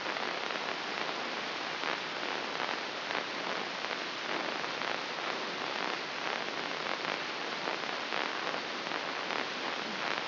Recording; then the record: brain microelectrode recording played as sound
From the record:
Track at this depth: inside the subthalamic nucleus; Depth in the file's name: 3.524 mm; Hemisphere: left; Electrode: 3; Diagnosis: Parkinson's disease